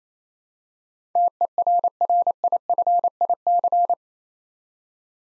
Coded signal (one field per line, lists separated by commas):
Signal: Morse code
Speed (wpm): 28 wpm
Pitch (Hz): 700 Hz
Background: none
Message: TERRIFIC